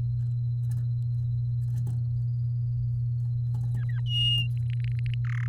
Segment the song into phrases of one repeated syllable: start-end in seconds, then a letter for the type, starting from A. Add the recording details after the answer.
3.76-4.00 A, 4.06-4.47 B, 4.57-5.14 C, 5.25-5.47 D. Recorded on 9 May 2018 at 10:43. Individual llb16